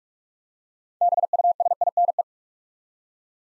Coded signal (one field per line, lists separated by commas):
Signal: Morse code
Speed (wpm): 44 wpm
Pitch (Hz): 700 Hz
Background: none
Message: BUSINE